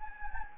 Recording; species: mosquito wingbeat signal from an infrared sensor; Anopheles gambiae